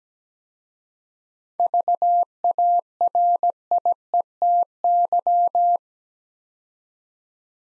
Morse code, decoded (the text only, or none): VARIETY